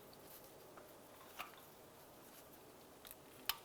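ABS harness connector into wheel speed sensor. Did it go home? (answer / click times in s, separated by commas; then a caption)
yes / 3.5 s. An ABS wire plug on a 2006-2011 Cadillac DTS is lined up and pushed into the back of the rear wheel speed sensor. A few faint ticks come first, then one sharp, bright click at 3.5 seconds as the connector seats in place.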